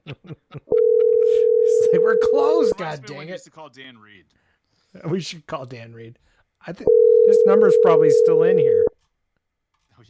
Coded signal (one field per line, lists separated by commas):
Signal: telephone call progress tone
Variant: North America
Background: speech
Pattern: ringback tone